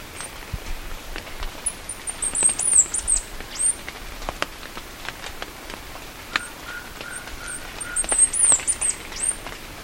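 Bird calls, thin high twittering notes in short bursts near the start and end, over a steady noisy background with scattered clicks and a faint lower whistle.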